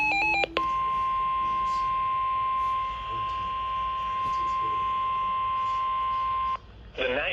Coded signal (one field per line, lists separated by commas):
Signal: Emergency Alert System (SAME) tones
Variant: 1050 Hz attention tone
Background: speech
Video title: 7/1/23 | NWS Tallahassee Severe Thunderstorm Warning #2 for Holmes, FL [EAS #829]